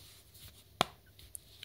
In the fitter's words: Voilà, un petit clic.